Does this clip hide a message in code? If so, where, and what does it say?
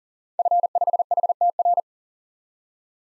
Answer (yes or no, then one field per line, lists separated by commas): yes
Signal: Morse code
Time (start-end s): 0.4-1.8 s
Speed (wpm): 37 wpm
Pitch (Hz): 700 Hz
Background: none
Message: F5HTR